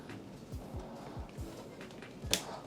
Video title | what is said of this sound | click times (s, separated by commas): I Built a PROFITABLE GPU Mining Rig for 2026 on a BUDGET | once again you'll hear a nice click | 2.3 s